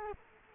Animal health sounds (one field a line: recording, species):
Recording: mosquito wingbeat signal from an infrared sensor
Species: Culex quinquefasciatus